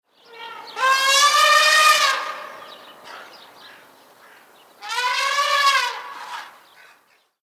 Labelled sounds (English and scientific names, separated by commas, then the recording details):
Asian Elephant (Elephas maximus)
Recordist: Tembrock, Günter
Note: Trompeten